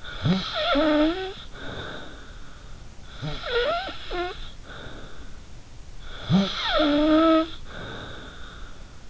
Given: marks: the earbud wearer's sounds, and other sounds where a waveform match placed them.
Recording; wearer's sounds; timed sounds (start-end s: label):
sounds in sleep by an in-ear microphone; snoring breath
0.00-2.73 s: snoring breath
3.10-5.43 s: snoring breath
5.96-8.81 s: snoring breath